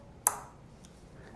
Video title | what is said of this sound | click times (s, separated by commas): How to activate the Nano Patch Pump with EasyPatch? | until it clicks and now the patch is ready to pry before we Prime the patch | 0.3 s